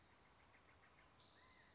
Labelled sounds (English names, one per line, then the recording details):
Chestnut-backed Chickadee
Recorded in Sonoma County, California